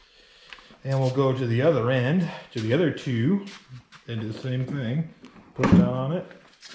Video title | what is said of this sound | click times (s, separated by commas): How To Build A Rolling Workbench- Installing Retractable Casters With Wheels | same thing over here once you got one started this one just locks in place | 0.5 s